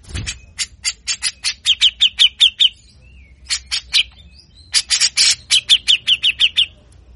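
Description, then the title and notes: Grey-cheeked bulbul's rapid scratchy notes running in two long, fast series separated by a short burst of a few notes, harsh and buzzy throughout. Master recording for training caged birds; bird singing actively in full harsh besetan (rasping chatter) style; said to draw a response from any bird of this species. "MASTERAN CUCAK JENGGOT GACOR FULL BESETAN KASAR DURASI PANJANG !!!. Langsung Respon Cucak Jenggot Model Apapun Dengar Besetanya. Burung cucak jenggot"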